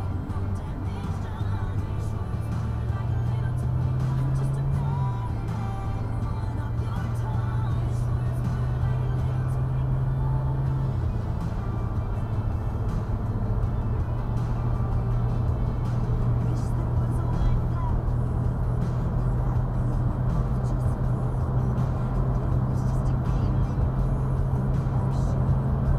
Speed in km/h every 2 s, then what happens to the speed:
39, 50, 58, 64, 71, 76, 81, 85, 89, 92, 95, 98, 100.
0-26 speeds up to 100.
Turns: none.